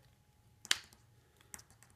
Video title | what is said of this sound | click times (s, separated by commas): Crimping MC4 Solar Connectors | we push this in here and listen for the click | 0.7 s